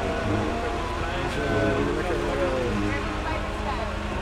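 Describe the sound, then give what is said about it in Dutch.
An old diesel Volvo tractor engine runs steadily, a loud, continuous low rumble with a rough, throbbing texture, while voices can be heard faintly over it. “Ouderwetse stinkdiesel. Lekkere oude Volvo trekker.”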